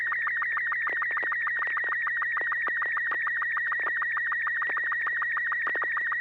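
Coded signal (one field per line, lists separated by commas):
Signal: SSTV (slow-scan television)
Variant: Robot 36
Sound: warbling high tone around 2 kHz with rapid regular ticking sync pulses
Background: low steady hum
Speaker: good. A quick robot 36. Um, you still get pixel pops, but there's not as many as we've seen in previous transmissions.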